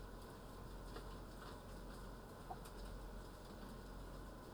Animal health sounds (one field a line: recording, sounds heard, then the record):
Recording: poultry house recording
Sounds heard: healthy chickens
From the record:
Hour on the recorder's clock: 9